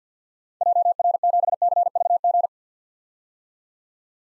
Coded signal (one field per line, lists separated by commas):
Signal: Morse code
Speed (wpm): 50 wpm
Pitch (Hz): 700 Hz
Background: none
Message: JR7CVG